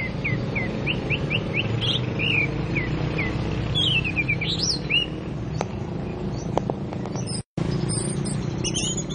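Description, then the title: Oriental magpie-robin song opening with a rapid series of short upslurred whistles, then longer rising notes and a brief gap, over low background rumble. "Kicau Kacer"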